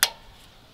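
A metal brake hardware clip is pushed into its seat in the rear brake caliper bracket of a 2014 Ram 3500 HD dually (DRW) truck, with the clip side toward the brake. A single sharp, bright metallic snap sounds at 0.0 s, then fades to a quiet background. The clip is fully seated and snapped into place.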